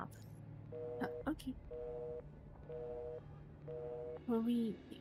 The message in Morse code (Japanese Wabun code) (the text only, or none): none